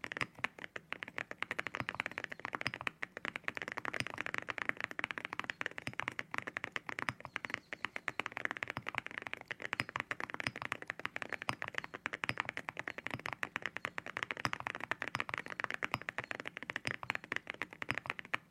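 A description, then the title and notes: Keyboard typing, fast and continuous for the whole clip, with dense overlapping key clicks and no real pauses. The clicks are sharp and bright, with an occasional slightly louder tap standing out. The sound of the keyboard.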